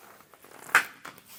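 A soft topper frame bar from a Fas-Top Traveler roll-up tonneau and soft truck topper combo on a 2023 Jeep Gladiator is pushed against the bed-rail clamp and then down. A sharp, loud click at 0.8 s marks the clamp locking, with fainter knocks around 0.3 s and 1.1 s. The frame bar is seated and locked in place.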